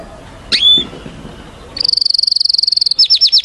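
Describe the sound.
Canary song: a single sharp rising note, then a rapid even trill, followed by slower repeated downslurred chirps.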